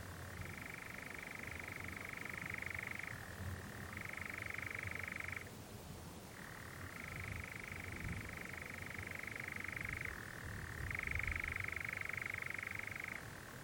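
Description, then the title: European Nightjar churring, a steady mechanical trill that switches between two pitches every few seconds, breaking off briefly midway before resuming, over faint low rumble. Nocturnal bird churring on a warm June evening on a hill in the Brecon Beacons, on a summer's night. "Sound Escape 20: the mesmerising churring of a nightjar on a summer's night"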